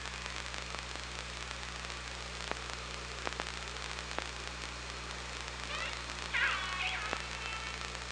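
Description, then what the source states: Killer whale call: one brief harmonic call late on, preceded by sparse clicks against a constant underwater hiss. OrcaLab underwater hydrophone at Parson Island, 24 August 2017, 17:10.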